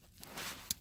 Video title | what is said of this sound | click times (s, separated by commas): LLR - i: Long Range Remotes for Remote Start Kit | And it will click into the remote start box, | 0.7 s